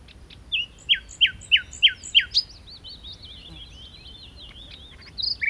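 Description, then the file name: Common nightingale song: a series of loud, slurred, descending notes repeated about every third of a second, then a rapid, scratchy, high twittering run and a brief final flourish. "Luscinia megarhynchos"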